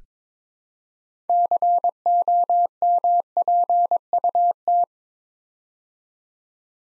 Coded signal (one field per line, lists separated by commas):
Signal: Morse code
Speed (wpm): 22 wpm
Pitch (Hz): 700 Hz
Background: none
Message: COMPUT